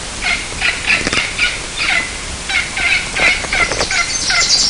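Bird calls, short clucking notes repeated in quick uneven bursts, several overlapping, over a steady hiss of background noise.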